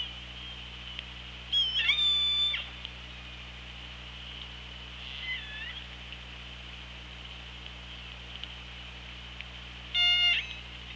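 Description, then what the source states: Orca calls: a burst of harmonic-rich, sharply modulated calls near two seconds, a fainter call near five seconds, and another burst near ten seconds, over a steady low hum. Recorded on the OrcaLab hydrophone on 24 August 2017 at 15:51.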